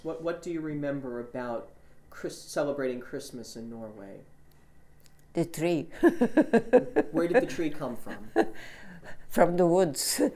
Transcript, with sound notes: What, what do you remember about celebrating Christmas in Norway?
The tree. (she laughs)
Where did the tree come from?
From the woods.